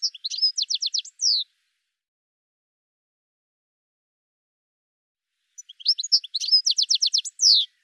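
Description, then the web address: Bird song: two quick phrases of high, sharp chirps in a rapid series, each ending in a downslurred note, separated by about four seconds of silence. "cianscape birddata"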